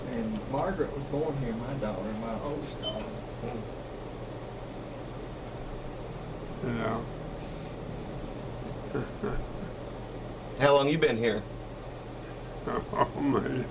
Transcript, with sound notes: And Margaret was born here, my daughter, my oldest daughter.
Hum. [Chuckling] How long have you been here?
Oh me!